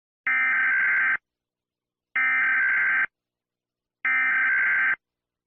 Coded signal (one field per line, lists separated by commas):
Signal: Emergency Alert System (SAME) tones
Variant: header bursts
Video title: The Fractured Union - EAS Scenario